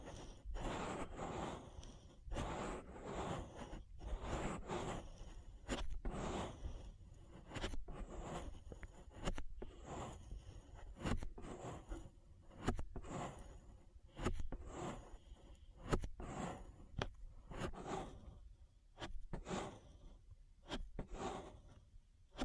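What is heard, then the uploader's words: An ear massage made of dense, rubbing and scraping strokes that come in quick, irregular bursts roughly every half second to second. The sound is soft and textured, with brief crisp brushing swipes and occasional breathy, gasp-like moments throughout. ASMR Relaxing Ear Massage. (No Talking).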